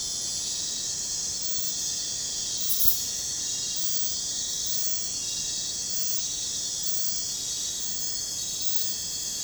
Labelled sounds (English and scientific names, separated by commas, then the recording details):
none
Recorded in pastures near Puerto Asís, Putumayo, Colombia, on 21 December 2024 at 02:00
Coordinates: 0.466, -76.322
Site G040